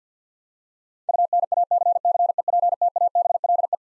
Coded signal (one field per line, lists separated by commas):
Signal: Morse code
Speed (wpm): 50 wpm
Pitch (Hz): 700 Hz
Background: none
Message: UNACCEPTABLE